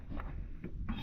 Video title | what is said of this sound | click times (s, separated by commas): Red Hiker 1 Mods Mods and More Mods. As Promised!!!!! | So, they'll just snap right in place. | 0.2 s